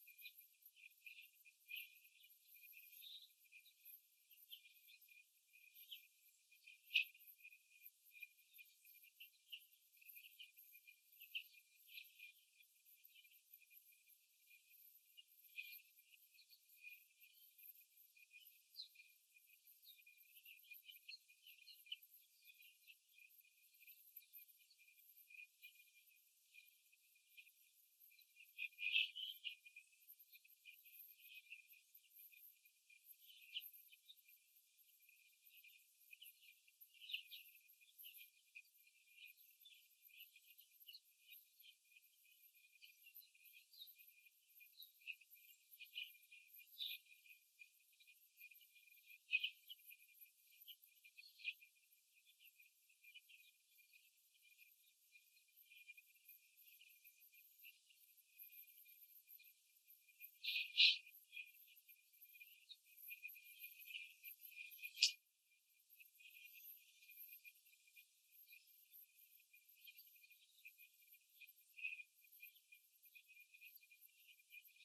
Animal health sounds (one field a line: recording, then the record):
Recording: young laying hens in a cage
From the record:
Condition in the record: after the stressor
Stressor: simulated dog barking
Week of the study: 3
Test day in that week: 2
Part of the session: 1